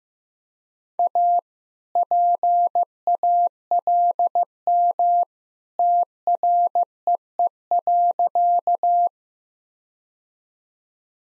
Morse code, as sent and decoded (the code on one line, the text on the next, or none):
.- / .--. .- .-.. -- / - .-. . . .-.-.-
A PALM TREE.